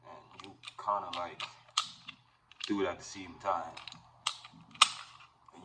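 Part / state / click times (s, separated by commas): slide lock on a pistol frame, releasing the slide for disassembly / released / 4.8 s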